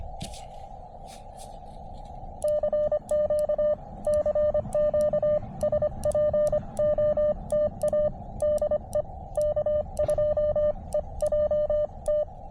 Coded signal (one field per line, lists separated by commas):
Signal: Morse code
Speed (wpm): 25 wpm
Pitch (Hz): 600 Hz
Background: radio noise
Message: CQ CQ SPOTA DE K2EJT